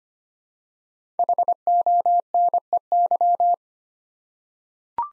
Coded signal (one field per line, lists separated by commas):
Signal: Morse code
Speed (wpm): 25 wpm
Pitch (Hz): 700 Hz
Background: none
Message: HONEY